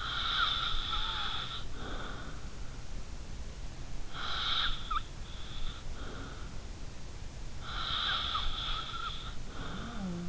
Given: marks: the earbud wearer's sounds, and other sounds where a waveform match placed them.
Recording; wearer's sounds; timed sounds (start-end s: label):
sounds in sleep by an in-ear microphone; snoring breath
0.00-2.42 s: snoring breath
4.03-6.69 s: snoring breath
7.62-10.29 s: snoring breath